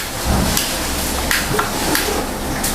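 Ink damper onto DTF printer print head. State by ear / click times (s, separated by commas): seated / 1.3 s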